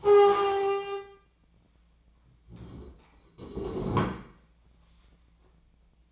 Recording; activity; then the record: daily activity, microphone in the room; stand up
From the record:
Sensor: 1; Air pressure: 1012.3 hPa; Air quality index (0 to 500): 174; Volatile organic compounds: 3 ppm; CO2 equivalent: 1428 ppm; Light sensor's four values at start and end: 45/122/50/61 and 46/123/50/62